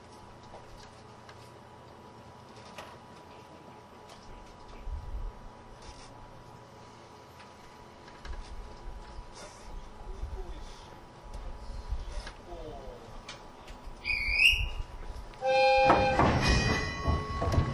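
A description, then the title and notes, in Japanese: An Oigawa Railway E10 locomotive with old carriages rumbles low amid scattered clicks, then a bright squeal near 14 seconds and a loud tonal roar closes. 大鐵E10形+旧型客車 大井川本線普通。大井川鉄道オリジナルの機関車がE10形で、その機関車次位の客車はモーター音がよく聞こえます。往年の普通＂客車列車＂の列車走行音。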